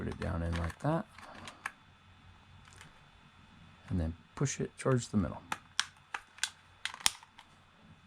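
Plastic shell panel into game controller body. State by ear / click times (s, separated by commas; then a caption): seated / 7.1 s. While reassembling an Xbox Series X/S controller after swapping in eXtremeRate glow-in-the-dark thumbsticks, a plastic shell panel is pushed toward the middle of the controller body as someone talks. A series of sharp plastic clicks follows between about 5.8 and 7.1 s, and the panel snaps into place, seated, at 7.1 s.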